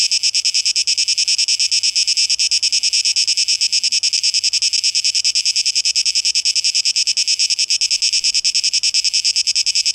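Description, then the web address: Shrill cicada song, rapid rhythmic pulses forming an unbroken high-pitched buzz. Cicadas, plural, 12 August 2023, tape echo mix. "rauschpartikel 2023-08-12 Zikaden"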